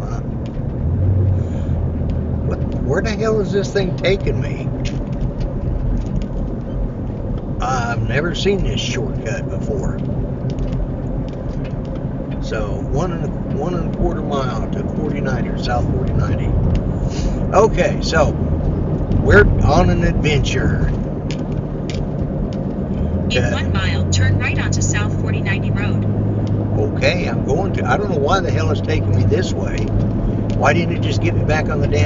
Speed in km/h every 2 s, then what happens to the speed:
50, 52, 48, 50, 52, 55, 58, 60, 63, 63, 61, 63, 66, 66, 68, 69.
0-5 steady at about 50. 5-16 speeds up to 63. 16-21 steady at about 63. 21-32 speeds up to 69.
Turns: none.